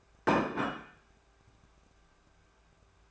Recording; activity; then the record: daily activity, microphone in the room; place plate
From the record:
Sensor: 2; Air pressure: 1014.9 hPa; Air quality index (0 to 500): 206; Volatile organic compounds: 21 ppm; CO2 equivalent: 2724 ppm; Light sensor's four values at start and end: 24/58/25/27 and 23/57/24/27